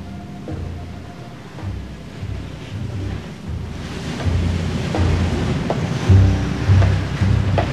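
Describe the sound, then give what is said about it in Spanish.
Ocean waves break on a beach in a steady, hissing roar of surf that swells louder partway through, with low rumbling surges and a gusty wash and no voices. “Ha bajado a la playa.”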